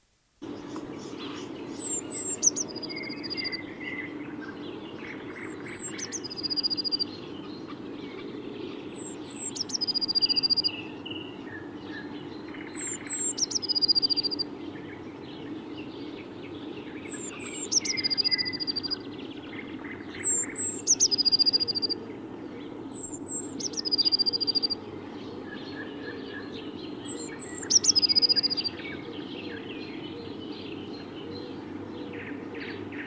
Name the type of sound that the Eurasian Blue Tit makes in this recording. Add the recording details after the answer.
song. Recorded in the wild. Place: Schönfeld, Brandenburg, DE. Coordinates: 53.396, 14.001. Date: 1988-05-15 05:11. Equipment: Nagra III BH, Sennheiser MD 21, parabola. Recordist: Schubert, Michael